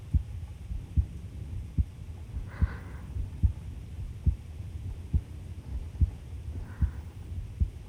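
Heart sounds: a normal adult heartbeat, with regular low-pitched thuds.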